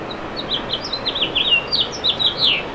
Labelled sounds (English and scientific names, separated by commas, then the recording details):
House Finch (Haemorhous mexicanus) song
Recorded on Long Island, New York, on 7 June 2011
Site MV
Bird B